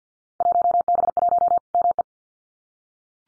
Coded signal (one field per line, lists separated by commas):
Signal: Morse code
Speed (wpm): 48 wpm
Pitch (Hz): 700 Hz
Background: none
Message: 1B1 ME